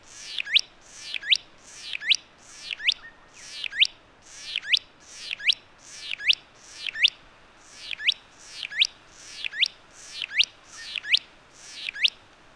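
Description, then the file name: Satin flycatcher giving rasping, upswept buzzy calls repeated steadily, well over a dozen, with a faint hiss of background noise. "Myiagra Cyanoleuca"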